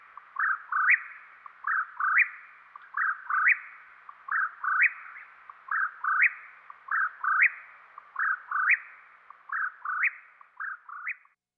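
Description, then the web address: Whip-poor-will singing a steady series of whistled 'whip-poor-WILL' phrases, each ending in a rising upslurred note, about nine phrases in quick, even succession. Recorded in western North America. "Dan Gibson Wildlife Identification By Sound, Western North America. Whip Poor Will"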